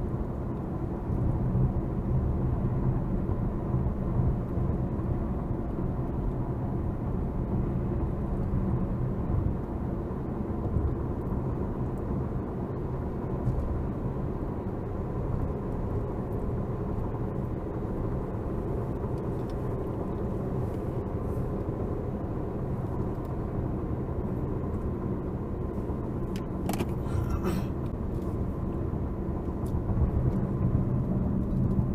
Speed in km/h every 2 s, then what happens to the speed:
81, 81, 81, 82, 85, 89, 90, 93, 95, 97, 92, 89, 85, 84, 81, 68.
0-18 speeds up to 97. 18-32 slows to 68.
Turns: none.